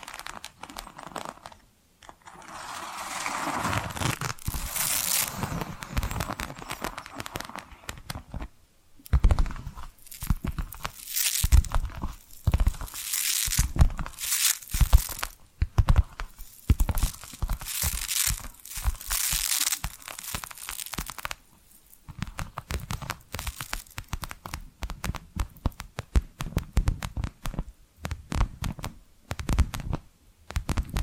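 Tapping and scratching go on without pause, a busy mix of crisp scrapes and crinkly, papery rustles. Bright scratchy bursts swell and fade every second or two, with brief silences near 2 and 9 seconds and a quieter, sparser stretch around 21 to 23 seconds.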